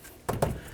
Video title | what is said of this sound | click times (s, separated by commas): How to Replace Radiator Cooling Fan Assembly 2013-2018 Dodge Ram 1500 | make sure all the tabs are locked in so it's completely secured | 0.3 s, 0.4 s